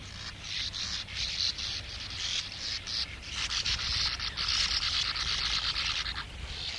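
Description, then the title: Sand Martin calls: dense, buzzy rasping chatter in many short bursts throughout, with a low rumble beneath. "Viikon luontoääni: Törmäpääsky"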